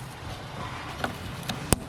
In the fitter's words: there so you'll see snaps into place make sure this side does the same thing